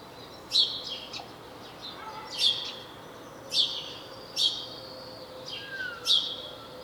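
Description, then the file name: House sparrow giving several sharp, clipped chirps in a row. "Passer domesticus"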